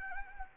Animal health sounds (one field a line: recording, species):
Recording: mosquito wingbeat signal from an infrared sensor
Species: Anopheles arabiensis